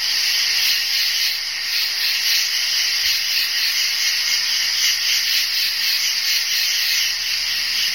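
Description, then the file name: Cricket chorus, a dense shrill buzzing with faint rapid pulsing, steady and unbroken. "bruitage grillons"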